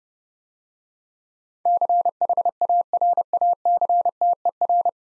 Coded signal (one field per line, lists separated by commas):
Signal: Morse code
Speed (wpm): 29 wpm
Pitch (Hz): 700 Hz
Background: none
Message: CHARACTER